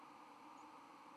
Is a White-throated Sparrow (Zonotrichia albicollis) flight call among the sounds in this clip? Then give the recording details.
no. Another species' flight call is heard. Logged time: 03:59 on 31 October 2014